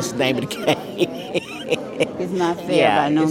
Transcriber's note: laughter